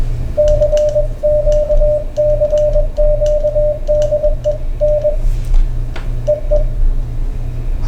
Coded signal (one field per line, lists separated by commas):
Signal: Morse code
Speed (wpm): 20 wpm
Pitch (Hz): 600 Hz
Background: radio noise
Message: CQ CQ DE N EE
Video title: Begali Traveler CW Paddle Unboxing Look & Feel ~ Portable QRP Morse